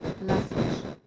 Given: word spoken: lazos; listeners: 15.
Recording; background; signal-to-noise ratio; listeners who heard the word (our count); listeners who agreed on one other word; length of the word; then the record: one Spanish word in noise, from a listening test; noise modulated by one talker; -7.1 dB; 2 of 15; 12 of 15; 0.67 s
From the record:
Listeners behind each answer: 12, 2, 1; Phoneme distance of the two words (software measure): 7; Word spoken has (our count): 2 syllables, 5 phonemes, stress on syllable 1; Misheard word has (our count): 2 syllables, 6 phonemes, stress on syllable 1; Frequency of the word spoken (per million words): 12.71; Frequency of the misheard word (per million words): 15.39